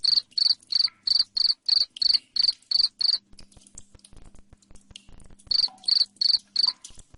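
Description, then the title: Cricket giving sharp high chirps roughly three a second, then a pause with a low hum and ticking before the chirps return. Loud cricket chirping said to make lovebirds sing continuously. "Suara JANGKRIK NGERIK Keras Bikin LOVEBIRD Jadi NGEKEK Terus Vubey"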